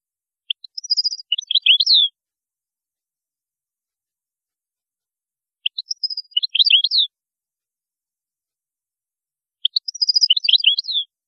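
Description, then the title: European goldfinch song phrase repeated three times with pauses of several seconds: quick tinkling twitters ending in slurred notes. "Chant Chardonneret"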